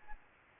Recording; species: mosquito wingbeat signal from an infrared sensor; Anopheles arabiensis